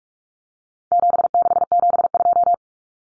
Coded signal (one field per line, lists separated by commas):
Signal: Morse code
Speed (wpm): 44 wpm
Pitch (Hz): 700 Hz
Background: none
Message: 7672